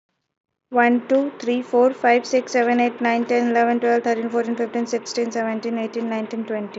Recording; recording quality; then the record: counting at a fast pace; excellent, no background noise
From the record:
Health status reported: healthy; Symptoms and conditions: hypertension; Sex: female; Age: 36 years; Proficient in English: yes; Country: India